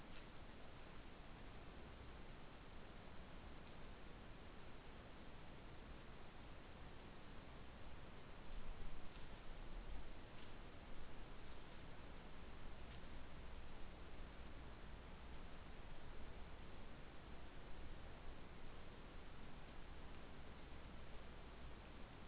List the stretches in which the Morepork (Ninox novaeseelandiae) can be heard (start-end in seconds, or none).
none